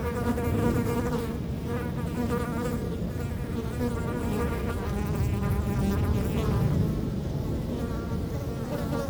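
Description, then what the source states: Fly buzzing almost without pause, wavering harmonic drones over constant low wind rumble. Flies feeding on dung, close-up; Chemin de Lombardil, Fenouillet, France; windy day near Blagnac airport; Sennheiser MKH8040 ORTF pair with SD MixPre6.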